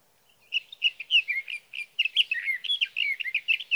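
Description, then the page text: Sage thrasher song: a continuous run of quick warbled and chirped notes, varied and jumbled, with no pauses, on a quiet background. Male singing near his night roost through the night, June 12 to 15, 2018, Sierra Valley, California; recorded with a Swift recorder. "61. Sage thrasher songs, through the night. For three nights, from the evening of June 12 to the morning of June 15, 2018, in Sierra Valley, California"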